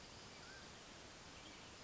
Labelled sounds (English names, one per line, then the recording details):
Mountain Quail
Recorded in Sonoma County, California